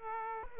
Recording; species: mosquito wingbeat signal from an infrared sensor; Aedes aegypti